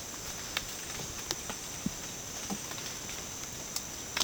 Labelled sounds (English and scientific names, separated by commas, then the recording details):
none
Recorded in dense forest near Puerto Asís, Putumayo, Colombia, on 12 March 2025 at 09:30
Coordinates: 0.486, -76.317
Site G053